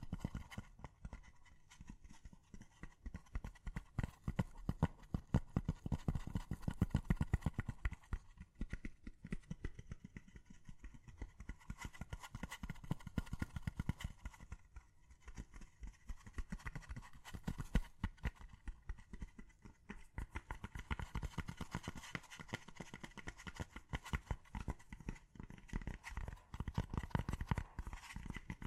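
Gentle tapping goes on steadily through the whole recording, a dense run of light, quick knocks with a hollow, clip-clop character. The taps swell in places, around five to eight seconds and again near the end, and ease slightly in between.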